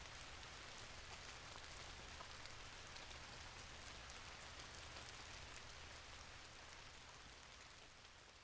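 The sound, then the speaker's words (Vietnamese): Steady rain drips and patters on eaves and pours onto the road in a poor working-class neighbourhood, a dense, even hiss of droplets with scattered brighter taps and a low rumbling undertone, continuous with no voices. “Tiếng mưa rơi rả rích trên mái hiên rồi đổ xuống mặt đường tạo thành những chiếc bong bóng nước to tròn.”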